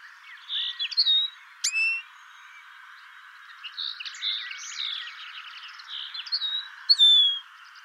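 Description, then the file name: Common linnet song: jumbled twittering and buzzy notes broken by two sharp, high calls. "Linotte melodieuse"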